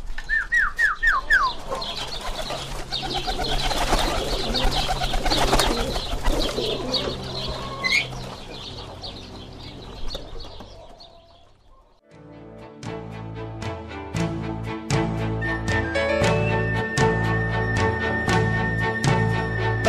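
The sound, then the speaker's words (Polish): A crowd of birds coos steadily while wings flap and flutter in bursts. About halfway through the birds give way to loud, steady music. “Idziemy do ptaków.”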